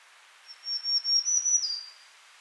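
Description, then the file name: Black-throated green warbler song with a steady high buzzy line of pulses, then a drop to a slightly lower slurred ending note. "Setophaga virens - Black-throated Green Warbler"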